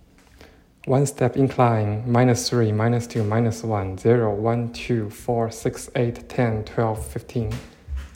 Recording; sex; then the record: free speech after running; male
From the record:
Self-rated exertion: very light exertion (1 of 6); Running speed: 6 miles an hour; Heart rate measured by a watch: 113 beats a minute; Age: 24 years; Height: 185 cm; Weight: 79 kg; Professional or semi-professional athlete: no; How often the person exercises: 1 to 2 times a week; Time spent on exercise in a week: 2 to 3 hours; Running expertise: no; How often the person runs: 1 to 2 times a week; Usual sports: running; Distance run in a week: 20 km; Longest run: 10 km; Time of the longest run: 50 minutes